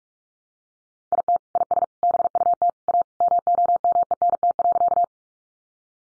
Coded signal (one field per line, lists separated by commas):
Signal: Morse code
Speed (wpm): 44 wpm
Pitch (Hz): 700 Hz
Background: none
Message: IT IS BUT A MOMENT.